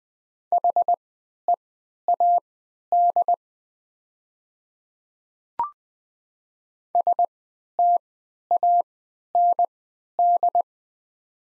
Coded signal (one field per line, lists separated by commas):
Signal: Morse code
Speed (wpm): 20 wpm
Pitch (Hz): 700 Hz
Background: none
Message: HEAD STAND